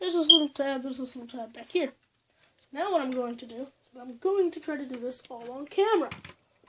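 Someone talks while handling the plastic tabs of a transforming robot toy, preparing to line them up and press them into their connector ports. Only speech is heard, with pauses between phrases. Nothing has seated or clicked into place yet by the end of the clip.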